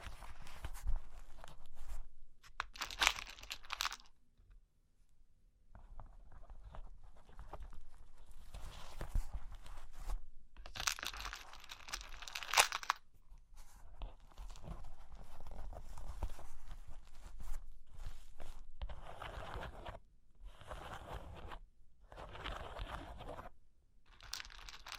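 Cork and wood being scratched and traced in irregular bursts of rough, papery friction, broken by short silences, with occasional sharp tapping clicks.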